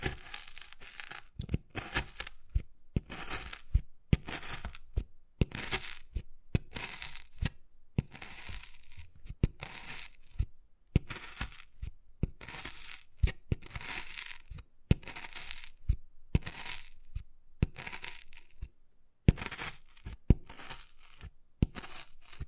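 Wood carving with sharp, irregular taps and bright scratching strokes, dense bursts arriving every second or so, separated by brief quiet gaps.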